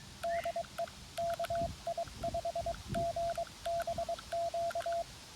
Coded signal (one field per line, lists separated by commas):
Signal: Morse code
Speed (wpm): 23 wpm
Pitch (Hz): 680 Hz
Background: none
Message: DE KI5GBQ